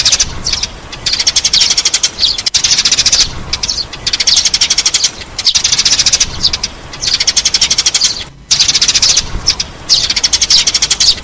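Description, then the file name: Sparrow chirping in energetic bursts of quick, piercing notes, repeating throughout with short gaps. "Tieng se"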